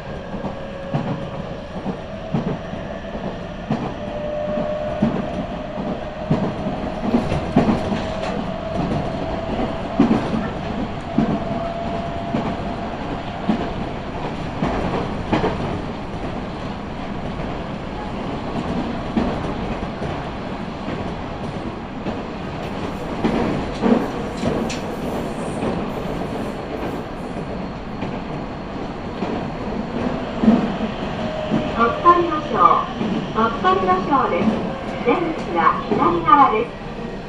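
A Nankai Line local train rolls steadily with a low rumble, a faint motor whine, and repeated wheel clatter and thumps throughout.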